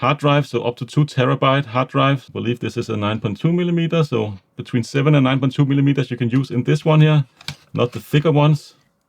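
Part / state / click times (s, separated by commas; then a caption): 2.5-inch hard drive into mini PC drive bay/bracket / not seated / none. A 2.5-inch hard drive (7 to 9.2 mm thick, up to 2 TB) is handled at the drive holder on the bottom cover of an Asus PN52 mini PC (Ryzen 9 5900HX, 2023) while someone talks almost throughout. The drive has not yet seated or clicked into place.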